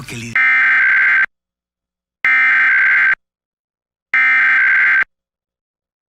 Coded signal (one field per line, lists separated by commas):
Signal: Emergency Alert System (SAME) tones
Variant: header bursts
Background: speech